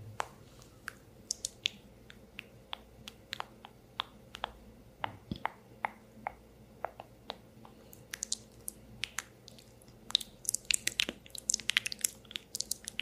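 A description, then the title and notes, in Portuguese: Tapping and scratching with mouth sounds. Sharp, crisp clicks come irregularly throughout, growing denser and brighter after about ten seconds, over a faint low hum and a soft thump near five seconds. SEM FALAS - NO TALKING. Sons de tapping, scratching, sons de boca, pincel na tela.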